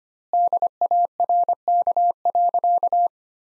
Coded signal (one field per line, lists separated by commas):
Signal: Morse code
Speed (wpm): 25 wpm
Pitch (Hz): 700 Hz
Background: none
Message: DARK.